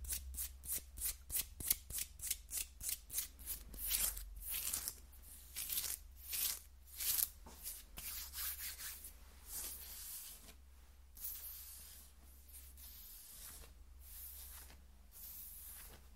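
Skin is scratched in quick, bright, hissy strokes, fast and regular at first, about three or four per second. After about eight seconds the strokes turn longer, slower and softer, with gaps between them. A steady low hum runs underneath throughout.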